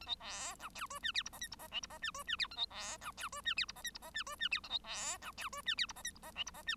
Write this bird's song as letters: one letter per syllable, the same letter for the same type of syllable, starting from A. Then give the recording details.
A B C D E F G H I J K I J L I J G F G H A B C D E F G H I J K I J G F G H A B C D E F G H I J K I J L I J G. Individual Bird1